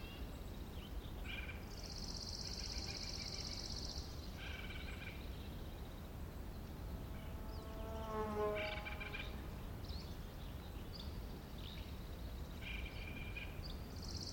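Birds call over a steady low rumble of wind at the Colockum Wildlife Area in Washington. A long, bright, even trill runs from about two to four seconds, with shorter chirps scattered throughout. Near eight seconds a brief lower sound rises and falls.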